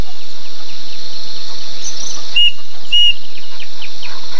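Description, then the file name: Bird gives a single pair of bright whistled notes in the second half, against an unbroken high insect buzz and a few faint falling chirps. "SABIOD 50 bird 2015"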